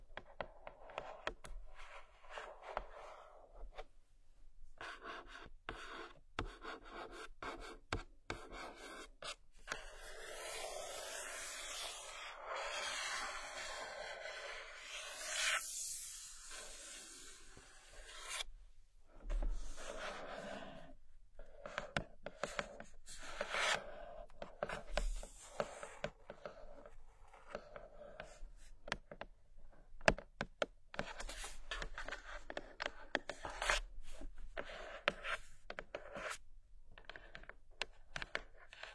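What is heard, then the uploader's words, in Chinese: Soft tapping and fingertips sliding over a surface, quiet. The sound is mostly a dry rasping rub broken by short gaps, with brighter, hissier stretches around ten and sixteen seconds, and scattered light taps throughout. 轻柔敲击 指尖滑过。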